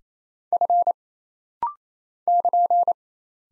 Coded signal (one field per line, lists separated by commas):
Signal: Morse code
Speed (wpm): 28 wpm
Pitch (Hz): 700 Hz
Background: none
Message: F <KN>